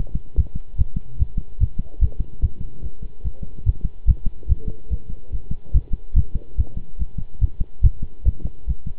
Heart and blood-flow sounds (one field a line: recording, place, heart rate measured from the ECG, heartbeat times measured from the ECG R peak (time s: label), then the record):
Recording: heart sounds by stethoscope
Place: between the tricuspid and mitral areas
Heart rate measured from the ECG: 145 bpm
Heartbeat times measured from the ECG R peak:
0.37 s: heartbeat
0.78 s: heartbeat
1.19 s: heartbeat
1.60 s: heartbeat
2.01 s: heartbeat
2.42 s: heartbeat
2.83 s: heartbeat
3.24 s: heartbeat
3.66 s: heartbeat
4.07 s: heartbeat
4.49 s: heartbeat
4.90 s: heartbeat
5.32 s: heartbeat
5.74 s: heartbeat
6.16 s: heartbeat
6.58 s: heartbeat
6.99 s: heartbeat
7.41 s: heartbeat
7.83 s: heartbeat
8.25 s: heartbeat
8.67 s: heartbeat
From the record:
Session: pedaling a stationary bicycle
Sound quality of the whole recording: good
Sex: male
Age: 23 years